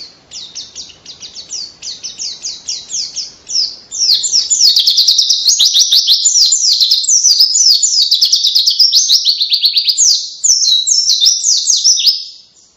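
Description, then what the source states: White-eye song: rapid, high, thin notes in a continuous twittering chatter that grows louder and denser after about four seconds. Cage bird singing vigorously in the long rapid 'ngalas' style with canary-like phrasing, used as a training recording for songbirds.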